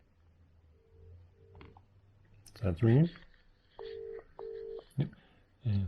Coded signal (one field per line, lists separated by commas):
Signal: telephone call progress tone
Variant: UK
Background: speech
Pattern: ringback tone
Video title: [ 6 ] Fixing a 1980s Rotary Phone for a VOIP system